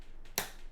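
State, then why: Seated. The first RAM memory stick is pressed down into the motherboard DIMM memory slot until the retention clips snap shut at the top and bottom. A faint soft sound comes at 0.3 s, then one sharp, bright click at 0.4 s. The module is seated.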